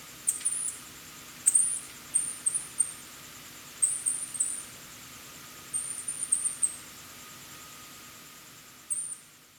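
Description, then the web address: Asian house shrew giving very high-pitched, thin squeaky chirps in short clusters at irregular intervals over a steady background hiss. Recorded at Oshiro, Itoman, on 7 October 2021. "koe jakonezumi 211007 itoman oshiro"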